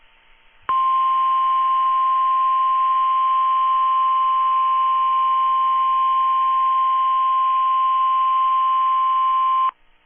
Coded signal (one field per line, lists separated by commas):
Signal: Emergency Alert System (SAME) tones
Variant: 1050 Hz attention tone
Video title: Your average NWR Weekly Tests (EAS #1117-#1128)